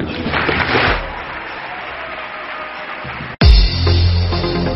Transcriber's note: applause